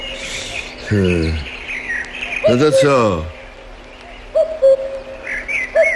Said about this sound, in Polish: Lepiej nic nie mówić, tylko wsłuchiwać się w odgłosy przyrody. O, kuka, kukułka.